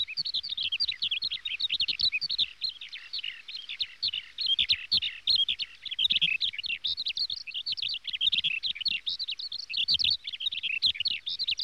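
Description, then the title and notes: Small birds twittering continuously, a dense stream of rapid high chirps. Small birds, from an NHK sound effects collection. "NHK効果音集 波・川・小鳥"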